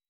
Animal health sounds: hydrophone in a shrimp aquaculture tank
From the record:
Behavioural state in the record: weakened

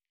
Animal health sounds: hydrophone in a shrimp aquaculture tank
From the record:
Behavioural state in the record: starved

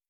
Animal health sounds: hydrophone in a shrimp aquaculture tank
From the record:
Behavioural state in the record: starved

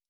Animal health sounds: hydrophone in a shrimp aquaculture tank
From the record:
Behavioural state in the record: stressed

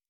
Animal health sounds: hydrophone in a shrimp aquaculture tank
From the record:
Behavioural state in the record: normal

